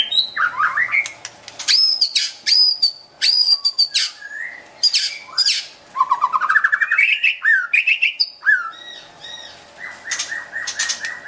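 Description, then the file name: White-rumped shama in full song: clear sustained high whistles, harsh clicks, a fast climbing stutter of notes, and ending with evenly repeated short notes. Wild bird from a forest in Medan, singing actively (gacor). "suara burung murai batu hutan medan gacor"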